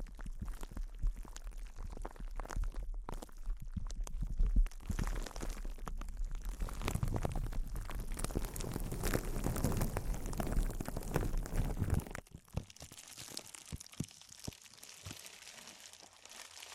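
Intense close-up crinkling, a dense rustle of crisp, bright crackles that builds and thickens from about four seconds on, with heavier handling and low rumbles through the middle. Around twelve seconds it drops abruptly to sparser, quieter crinkles with scattered sharp snaps.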